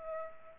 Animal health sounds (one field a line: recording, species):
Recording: mosquito wingbeat signal from an infrared sensor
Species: Aedes aegypti